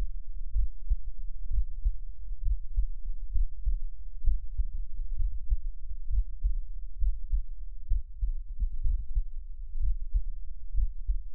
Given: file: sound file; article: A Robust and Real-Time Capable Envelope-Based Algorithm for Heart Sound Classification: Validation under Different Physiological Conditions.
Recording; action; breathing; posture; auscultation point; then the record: heart sounds by electronic stethoscope; rest; normal; lying on back; Erb’s point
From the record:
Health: healthy, no known heart disease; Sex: male